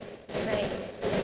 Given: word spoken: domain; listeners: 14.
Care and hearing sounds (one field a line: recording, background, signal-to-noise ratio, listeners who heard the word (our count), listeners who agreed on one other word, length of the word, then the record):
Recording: one English word in noise, from a listening test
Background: noise modulated by three-talker babble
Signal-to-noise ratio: -4.2 dB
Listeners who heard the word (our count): 0 of 14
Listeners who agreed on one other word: 8 of 14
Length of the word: 0.84 s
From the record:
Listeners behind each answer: 8, 1, 1, 1, 1, 1, 1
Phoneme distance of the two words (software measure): 27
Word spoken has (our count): 2 syllables, 5 phonemes, stress on syllable 2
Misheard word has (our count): 1 syllable, 4 phonemes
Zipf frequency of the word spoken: 3.58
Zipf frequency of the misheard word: 4.98